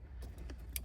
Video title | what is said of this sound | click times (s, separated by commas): 2019 Jeep Wrangler 2 door Sport Heigh 10 install | Pretty simple till it clicks. | 0.8 s